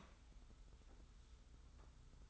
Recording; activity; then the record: daily activity, microphone in the room; open fridge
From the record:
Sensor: 3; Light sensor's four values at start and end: 30/72/29/27 and 30/72/29/27